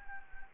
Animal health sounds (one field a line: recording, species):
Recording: mosquito wingbeat signal from an infrared sensor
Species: Anopheles gambiae